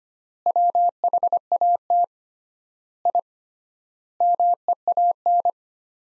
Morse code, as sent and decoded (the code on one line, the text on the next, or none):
.-- .... .- - / .. / -- . .- -.
WHAT I MEAN